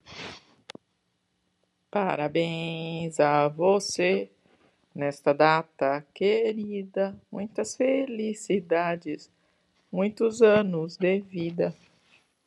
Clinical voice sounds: short text; Brazilian Portuguese; female; 40 to 49 years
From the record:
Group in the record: control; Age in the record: 47 years

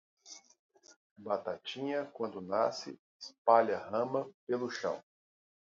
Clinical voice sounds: short text; Brazilian Portuguese; male; 40 to 49 years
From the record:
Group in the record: control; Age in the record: 44 years

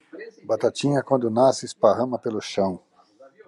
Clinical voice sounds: short text; Brazilian Portuguese; male; 50 to 59 years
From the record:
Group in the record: control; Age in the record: 59 years

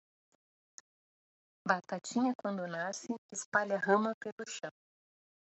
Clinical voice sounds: short text; Brazilian Portuguese; female; 30 to 39 years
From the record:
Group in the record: control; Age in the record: 35 years

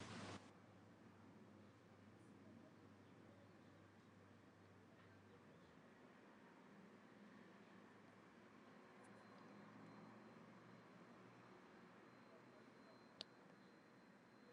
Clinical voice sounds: spoken sentence; Brazilian Portuguese; female; 80 to 89 years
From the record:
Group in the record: control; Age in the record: 80 years

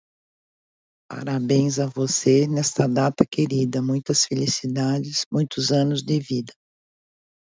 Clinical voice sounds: short text; Brazilian Portuguese; female; 60 to 69 years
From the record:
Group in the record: control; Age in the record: 62 years

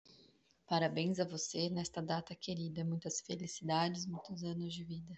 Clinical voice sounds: short text; Brazilian Portuguese; female; 40 to 49 years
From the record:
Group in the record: control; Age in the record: 40 years

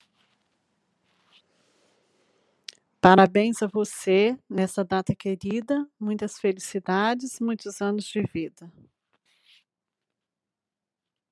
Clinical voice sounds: short text; Brazilian Portuguese; female; 50 to 59 years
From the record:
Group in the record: control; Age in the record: 58 years

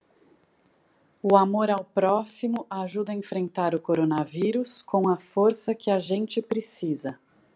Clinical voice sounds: spoken sentence; Brazilian Portuguese; female; 40 to 49 years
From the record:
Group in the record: control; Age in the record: 49 years

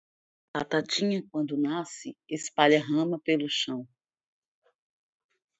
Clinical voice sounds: short text; Brazilian Portuguese; female; 50 to 59 years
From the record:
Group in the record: control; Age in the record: 51 years

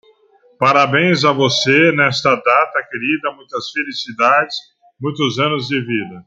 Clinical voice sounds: short text; Brazilian Portuguese; male; 50 to 59 years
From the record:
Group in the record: control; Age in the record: 56 years

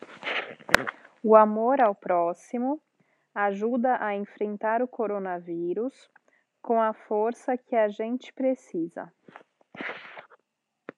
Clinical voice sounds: spoken sentence; Brazilian Portuguese; female; 30 to 39 years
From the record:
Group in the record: control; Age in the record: 36 years

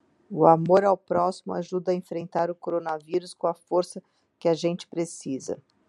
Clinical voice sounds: spoken sentence; Brazilian Portuguese; female; 50 to 59 years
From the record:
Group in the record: control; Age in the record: 52 years

